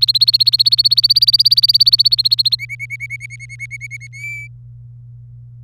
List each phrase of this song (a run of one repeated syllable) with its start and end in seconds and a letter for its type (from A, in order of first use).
0.00-2.55 A, 2.59-4.07 B, 4.13-4.47 C